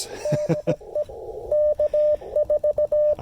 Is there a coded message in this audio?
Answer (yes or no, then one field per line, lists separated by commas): yes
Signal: Morse code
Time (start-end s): 0.2-3.1 s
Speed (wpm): 17 wpm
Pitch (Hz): 600 Hz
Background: radio noise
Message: DE K4